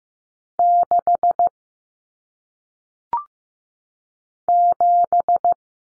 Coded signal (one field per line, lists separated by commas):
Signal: Morse code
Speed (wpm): 15 wpm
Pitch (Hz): 700 Hz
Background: none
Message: 6 7